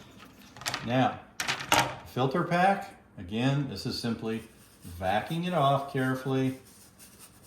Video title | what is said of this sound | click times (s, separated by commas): ASP XL Maintenance Review For Air & Surface Pro XL | And again, we'll reconnect our Molex pin, put it into the 2 holes, click in place. | 0.7 s